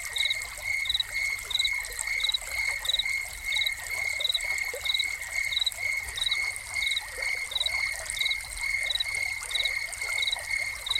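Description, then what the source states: Cricket chirping, steady high pulses repeated at an even pace over a continuous trickle of splashing water. Crickets heard together with a fountain, presented as a soundscape.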